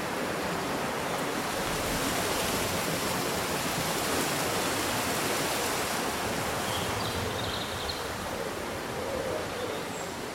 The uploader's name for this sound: Breezy Summer Day Rustling Leaves and Birdsong